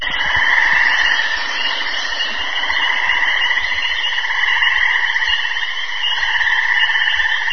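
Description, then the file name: Cricket trilling: one unbroken, ringing, buzzy trill holds steady throughout, with a few dull low thumps underneath. Single cricket; noisy, ringing, muffled. "sverchok odinochnii shumnii zvonkii priglushennii"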